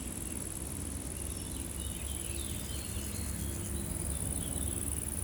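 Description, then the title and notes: Meadow insects stridulating in a steady high shimmering buzz throughout, over a low rumble of wind and traffic. Insects stridulating in a dry meadow on a hot day near Chindrieux, France; wind rustles the leaves and motorbikes hum on the RD991 road. "348-862 Rue de Vars, 73310 Chindrieux, France - Prairie stridulante. Par une chaude journée , les insectes stridulent dans une prairie sèche"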